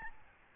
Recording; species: mosquito wingbeat signal from an infrared sensor; Aedes albopictus